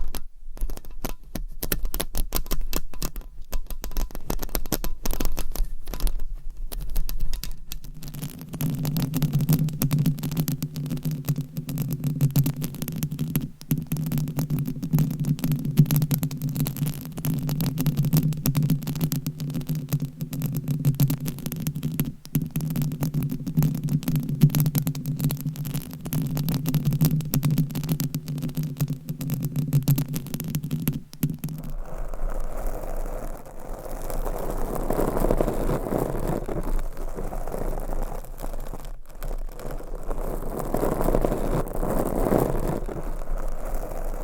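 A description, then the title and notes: Microphones scratched by claws make dense, rapid crackling throughout, with a low steady hum from about 8 to 31 seconds, then muffled rubbing. Mic Scratching with 8 Mics & Claws. No Talking.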